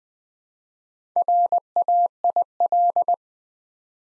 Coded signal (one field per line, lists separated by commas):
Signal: Morse code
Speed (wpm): 20 wpm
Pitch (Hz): 700 Hz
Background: none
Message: RAIL